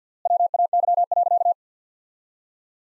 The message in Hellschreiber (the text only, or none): none